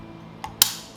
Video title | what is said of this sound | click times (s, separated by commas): Bene Casa Multi-Cooker model BC-99210 | and you're gonna hear a click and we're gonna get to know the inside of our multi-cooker | 0.6 s